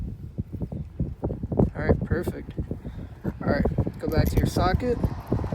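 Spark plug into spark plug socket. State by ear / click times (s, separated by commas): not seated / none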